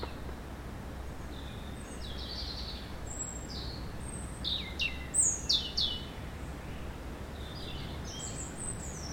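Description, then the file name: European robin: high, thin warbling notes scattered throughout, brightest around five to six seconds, over low rumble and steady hiss. "Erithacus rubecula"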